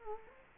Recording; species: mosquito wingbeat signal from an infrared sensor; Culex quinquefasciatus